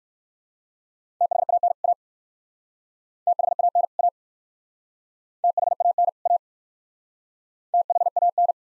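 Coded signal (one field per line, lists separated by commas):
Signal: Morse code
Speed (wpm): 56 wpm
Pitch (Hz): 700 Hz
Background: none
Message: THAN A THAN A THAN A THAN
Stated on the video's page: Speed-racing practice drill of two-word sets, starting at 45 wpm and slowing to a base speed, final repeat sent once at maximum speed.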